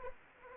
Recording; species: mosquito wingbeat signal from an infrared sensor; Anopheles arabiensis